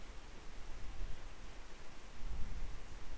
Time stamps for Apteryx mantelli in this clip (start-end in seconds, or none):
none